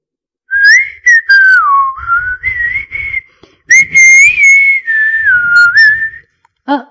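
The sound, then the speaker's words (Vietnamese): A man whistles a cheerful, wavering tune while bouncing along as he returns home, the pitch sliding up and down through several loud phrases with short pauses between them. “anh vừa thổi sáo vừa nhún nhảy, hình như đang có chuyện rất vui.”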